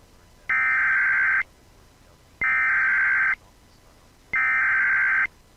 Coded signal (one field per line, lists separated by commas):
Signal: Emergency Alert System (SAME) tones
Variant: header bursts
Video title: EAS 1151: KS, MO, OK and AR Amber Alert Cancellation Message